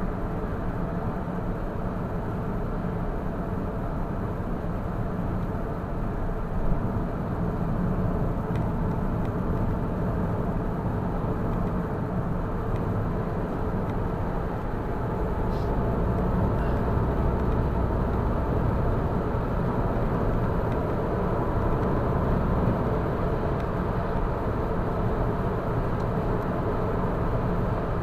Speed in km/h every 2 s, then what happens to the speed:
71, 71, 71, 72, 73, 75, 76, 82, 86, 90, 94, 98, 98, 99.
0-12 steady at about 72. 12-22 speeds up to 98. 22-28 steady at about 98.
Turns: none.